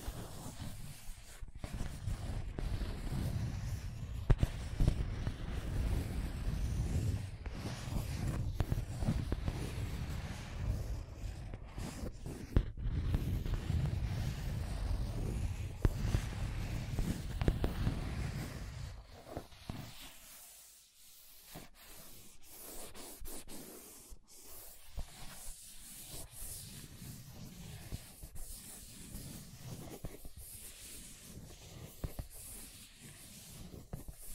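Scratching and tracing on a surface, a dense rustle with a heavy low rumble through the first twenty seconds. Around twenty seconds it briefly drops almost to silence, then resumes thinner and lighter. Sharp clicks and scrapes punctuate it irregularly throughout.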